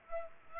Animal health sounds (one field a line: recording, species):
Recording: mosquito wingbeat signal from an infrared sensor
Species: Culex pipiens